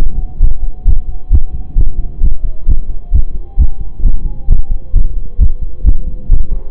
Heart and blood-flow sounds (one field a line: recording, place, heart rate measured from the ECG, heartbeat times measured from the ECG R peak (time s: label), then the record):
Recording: heart sounds by stethoscope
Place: between the tricuspid and mitral areas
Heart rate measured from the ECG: 132 bpm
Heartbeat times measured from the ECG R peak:
0.41 s: heartbeat
0.86 s: heartbeat
1.31 s: heartbeat
1.76 s: heartbeat
2.21 s: heartbeat
2.67 s: heartbeat
3.12 s: heartbeat
3.58 s: heartbeat
4.03 s: heartbeat
4.49 s: heartbeat
4.94 s: heartbeat
5.39 s: heartbeat
5.85 s: heartbeat
6.30 s: heartbeat
From the record:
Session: pedaling a stationary bicycle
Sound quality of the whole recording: saturated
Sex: male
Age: 25 years